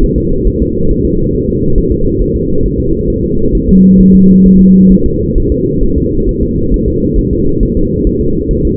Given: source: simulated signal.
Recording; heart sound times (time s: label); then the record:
fetal heart sounds
0.04 s: S1
0.18 s: S2
0.47 s: S1
0.62 s: S2
0.91 s: S1
1.05 s: S2
1.35 s: S1
1.49 s: S2
1.78 s: S1
1.92 s: S2
2.22 s: S1
2.36 s: S2
2.66 s: S1
2.80 s: S2
3.10 s: S1
3.24 s: S2
3.55 s: S1
3.69 s: S2
4.00 s: S1
4.15 s: S2
4.46 s: S1
4.60 s: S2
4.92 s: S1
5.06 s: S2
5.38 s: S1
5.52 s: S2
5.83 s: S1
5.98 s: S2
6.29 s: S1
6.43 s: S2
6.74 s: S1
6.88 s: S2
7.19 s: S1
7.33 s: S2
7.63 s: S1
7.77 s: S2
8.07 s: S1
8.21 s: S2
8.51 s: S1
8.65 s: S2
From the record:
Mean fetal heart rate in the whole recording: 135 bpm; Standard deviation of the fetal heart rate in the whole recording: 3 bpm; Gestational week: 36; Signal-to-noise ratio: -16.4 dB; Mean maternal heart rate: 72 bpm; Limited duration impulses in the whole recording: present